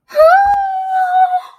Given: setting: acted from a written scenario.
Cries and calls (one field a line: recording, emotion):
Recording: vocal sound without words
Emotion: fear